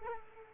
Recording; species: mosquito wingbeat signal from an infrared sensor; Culex quinquefasciatus